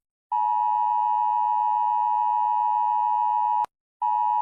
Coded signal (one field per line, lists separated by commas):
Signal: Emergency Alert System (SAME) tones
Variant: 853 and 960 Hz attention tone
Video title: Malaysia EAS Alarm (Tsunami) (Read Desc)